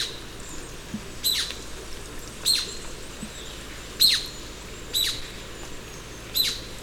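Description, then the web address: Golden-crowned flycatcher giving sharp, high squeaky call notes, one roughly every second or so, five in all, over a faint low rumble. Recorded in Ecuador. "Natures Songs S America Birds of Ecuador. Golden-Crowned Flycatcher"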